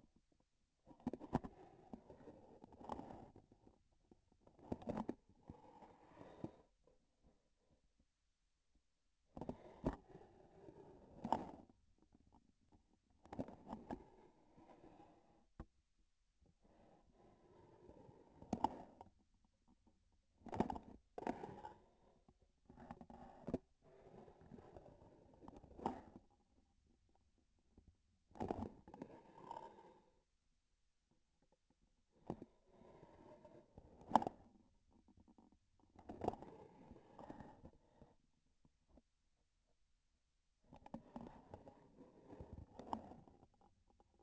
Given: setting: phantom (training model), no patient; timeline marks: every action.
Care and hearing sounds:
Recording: laparoscopic instrument, vibration sensor on the handle end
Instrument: grasping forceps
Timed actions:
0.80-1.64 s: grasping tissue
2.72-3.42 s: releasing tissue
11.07-11.81 s: grasping tissue
13.12-14.11 s: releasing tissue
18.41-19.19 s: grasping tissue
20.29-21.07 s: releasing tissue
25.66-26.32 s: grasping tissue
28.24-28.91 s: releasing tissue
33.67-34.72 s: grasping tissue
35.88-36.75 s: releasing tissue
42.63-43.60 s: grasping tissue
From the record:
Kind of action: gesture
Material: synthetic tissue

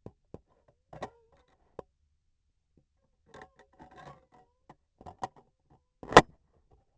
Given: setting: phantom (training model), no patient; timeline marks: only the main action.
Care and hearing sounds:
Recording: laparoscopic instrument, vibration sensor on the handle end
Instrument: scissors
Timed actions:
5.84-6.41 s: cutting thread
From the record:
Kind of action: gesture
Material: cotton thread

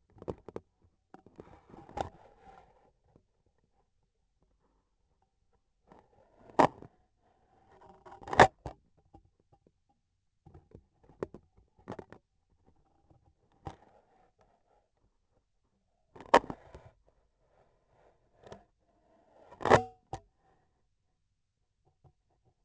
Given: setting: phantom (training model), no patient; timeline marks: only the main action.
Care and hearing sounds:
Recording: laparoscopic instrument, vibration sensor on the handle end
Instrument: scissors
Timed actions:
7.99-8.83 s: cutting thread
19.22-20.35 s: cutting thread
From the record:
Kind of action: gesture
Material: cotton thread

